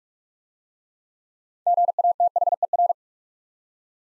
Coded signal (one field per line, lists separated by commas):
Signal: Morse code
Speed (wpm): 44 wpm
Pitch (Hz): 700 Hz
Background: none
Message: GATHER